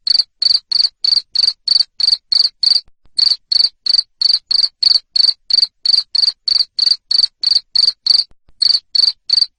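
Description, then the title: Cricket calling with a long, even series of high, trilled chirps, about three a second, interrupted twice by short pauses. Loud cricket chirping used to stimulate lovebirds to keep singing. "Suara JANGKRIK NGERIK Keras Bikin LOVEBIRD Jadi NGEKEK Terus Vubey"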